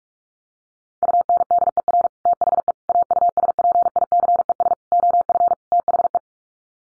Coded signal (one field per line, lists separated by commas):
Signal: Morse code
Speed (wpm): 44 wpm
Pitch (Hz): 700 Hz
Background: none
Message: UNDER THE AUSPICES OF THE